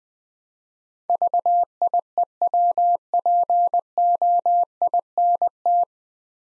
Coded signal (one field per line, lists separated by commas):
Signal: Morse code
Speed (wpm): 20 wpm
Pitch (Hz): 700 Hz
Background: none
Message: VIEWPOINT